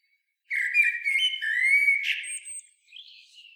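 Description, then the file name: Common blackbird song phrase: a rich, slightly wavering fluted whistle, ending in a brief thin squeak and quiet twitter. "Turdus merula"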